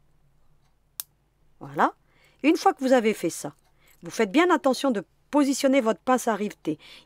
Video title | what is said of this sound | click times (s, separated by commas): couture facile d'un organiseur de sac multipoches, avec biais rapide et facile, organizador de bolas | et ensuite on met le petit cabochon et vous allez entendre un petit clic | 1.0 s